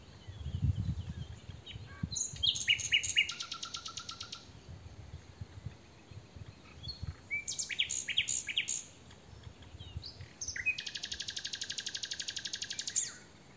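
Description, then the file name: Common nightingale song, several phrases of rattling repeated notes and a long, even, buzzing trill near the end. "Luscinia megarhynchos"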